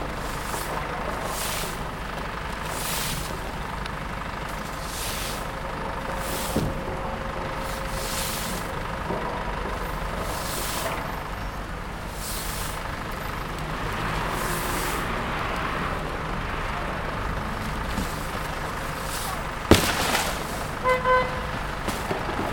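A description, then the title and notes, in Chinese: Street sound while waiting at Peking University's south gate: a steady, dense rumble of passing traffic with regular bright hissing swells every second or so, like air brakes or tires. Near twenty seconds a sharp knock stands out, followed by brief beeping tones. 仿佛在北大南门等人｜城市声音。气温在1度左右。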